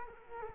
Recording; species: mosquito wingbeat signal from an infrared sensor; Culex quinquefasciatus